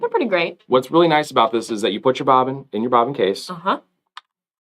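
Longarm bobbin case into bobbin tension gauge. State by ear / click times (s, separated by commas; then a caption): seated / 4.2 s. Someone talks while a longarm bobbin case, loaded with its bobbin, is slid into a handheld TOWA-type bobbin tension gauge. After the talking stops, a single short, sharp click is heard at 4.2 s as the case clicks into place. The bobbin case is seated in the gauge.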